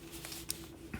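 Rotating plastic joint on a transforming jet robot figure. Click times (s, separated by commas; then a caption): 0.5 s. A stiff rotating plastic joint on a transforming Starscream jet robot figure is turned until it pops and locks into position with a sharp click at 0.5 s. Softer handling sounds are heard around it over a steady low hum.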